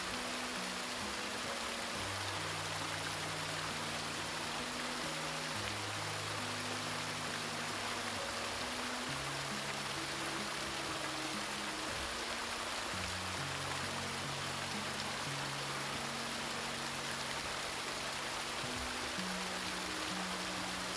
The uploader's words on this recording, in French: Plongez dans l'harmonie entre les doux sons d'un ruisseau sinueux et une musique délicatement composée pour favoriser un sommeil réparateur.